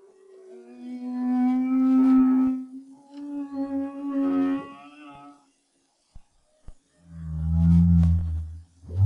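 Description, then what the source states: Humpback whale song made of two long wavering harmonic moans, then a brief quiet gap and a deep throbbing groan ending in a rising sweep. 2011, BRAHSS project.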